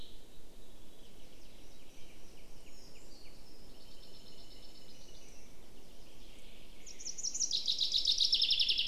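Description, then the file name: Common chaffinch song starting late, a loud run of rapid high notes beginning to fall in pitch, cut off at the end; faint other birds call earlier. "Fringilla coelebs"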